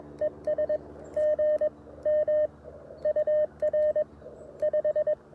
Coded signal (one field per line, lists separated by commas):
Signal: Morse code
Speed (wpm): 22 wpm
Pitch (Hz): 610 Hz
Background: none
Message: ES GM UR 5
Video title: Mag Loop Antenna for QRP POTA - 10/25/23 @ Tuskegee National Forest (K-4451)